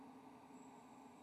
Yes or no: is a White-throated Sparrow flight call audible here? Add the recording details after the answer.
no. No flight call is heard. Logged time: 02:32 on 18 November 2014